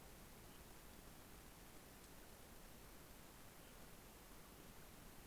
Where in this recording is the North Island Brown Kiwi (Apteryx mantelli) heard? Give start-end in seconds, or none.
none